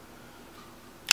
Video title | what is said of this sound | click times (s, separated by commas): Kwa HK45 - Jamming - cylinder replacement - How to - fix | you'll hear a click there you go | 1.1 s